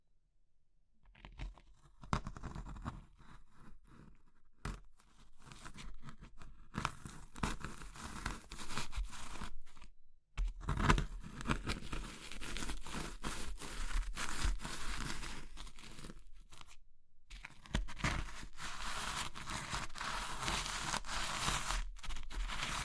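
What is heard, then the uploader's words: Dry crushing and crumbling of brittle material, like chalk or soap being pressed apart, builds from near silence into dense, continuous crackling and tearing. Brief pauses fall around four, ten and seventeen seconds before the crunching resumes, bright and gritty. ASMR Oddly Satisfying Crushing Triggers Soap, Chalk, Meringue, Pastel (No Talking).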